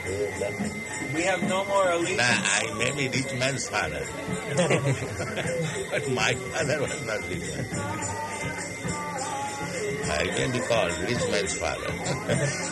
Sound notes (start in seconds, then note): 4.4 laughter; 7.8 laughs